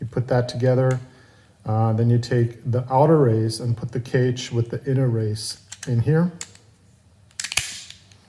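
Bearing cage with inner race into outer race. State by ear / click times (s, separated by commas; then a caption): seated / 7.6 s. Someone talks while a plastic bearing cage holding the inner race is pressed into the 3D-printed outer race of a wind turbine tower bearing. A cluster of sharp plastic clicks follows, with the loudest snap at 7.6 s as the cage seats in place.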